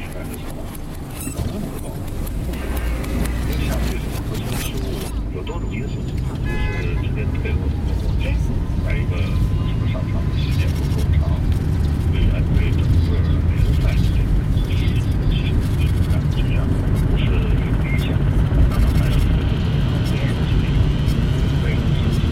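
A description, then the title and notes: A busy city street recorded outdoors, with a dense, steady wash of traffic rumble and passing cars throughout. Voices of people talking come and go over the noise, and a few brief high tones and clatters appear around the five-second mark. Beijing (Field Recording) by Yannick Heeren.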